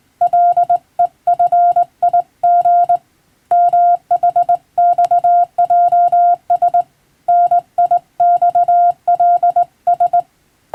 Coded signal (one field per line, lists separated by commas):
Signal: Morse code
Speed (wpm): 21 wpm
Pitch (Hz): 700 Hz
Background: none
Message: LEFIG MHXJS NIXLS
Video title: 【無線通信士国家試験の電気通信術って何？】今では懐かしいモールス無線通信、昭和はラジオからよく聞こえました。船と陸との唯一の通信手段、大変重要な無線通信でした。 morse code practice